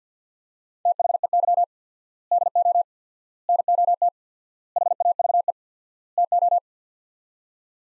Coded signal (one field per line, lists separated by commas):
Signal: Morse code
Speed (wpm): 50 wpm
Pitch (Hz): 700 Hz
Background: none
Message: THEY DO NOT HAVE TO